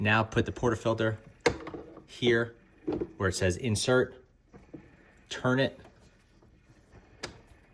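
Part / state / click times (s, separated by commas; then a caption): portafilter into espresso machine group head / seated / 7.2 s. Someone talks while a metal portafilter is inserted into a Breville Barista espresso machine's group head at the "insert" mark and twisted toward "lock." A single sharp click is heard at 7.2 s as it reaches the end and locks into place.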